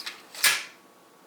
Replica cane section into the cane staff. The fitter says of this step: I do like that. I always love just when a nice click and it can't come back out.